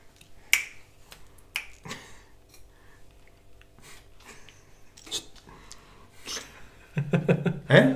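A series of crisp finger snaps, sharp and dry, popping out at irregular intervals over a quiet background, with a louder, busier burst of sound at the very end.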